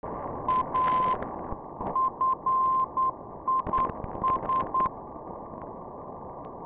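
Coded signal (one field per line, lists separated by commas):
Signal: Morse code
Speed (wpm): 9 wpm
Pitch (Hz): 1050 Hz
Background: radio noise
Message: A FIS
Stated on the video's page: Low-frequency beacons received on a Winradio Excalibur Pro with a Wellbrook loop antenna near Tampa, Florida.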